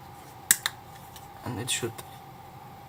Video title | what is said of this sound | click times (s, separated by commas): Making of Scorponok by Printformers Version 1 | it should all click into place. | 0.5 s, 0.7 s